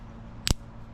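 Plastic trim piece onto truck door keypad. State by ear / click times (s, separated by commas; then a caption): seated / 0.5 s. A plastic trim piece is pressed onto the door keypad of a 2016 Ford F-150 and snaps into place with a single loud, very short snap at 0.5 s. The snap stands out sharply against a low, steady background hum. The trim is seated.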